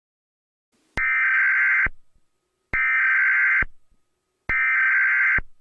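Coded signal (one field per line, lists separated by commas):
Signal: Emergency Alert System (SAME) tones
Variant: header bursts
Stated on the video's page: Fictional analog-horror EAS scenario, a simulated alert.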